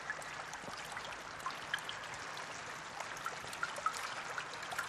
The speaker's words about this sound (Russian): Замерев, трое смотрят на дождь спокойно, без суеты. Его шум умиротворяет, погружая душу в состояние мира, тишины.